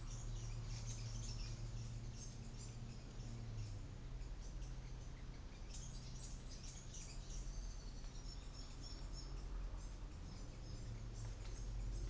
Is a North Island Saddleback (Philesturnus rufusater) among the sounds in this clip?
no